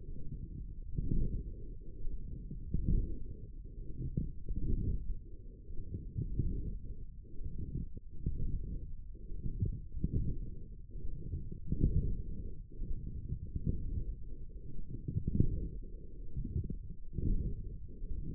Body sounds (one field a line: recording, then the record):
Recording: forearm muscle sounds (acoustic myography)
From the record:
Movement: forearm pronation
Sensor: system 1, eight BSWA MPA416 microphones around the upper forearm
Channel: 2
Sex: male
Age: 21 years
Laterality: right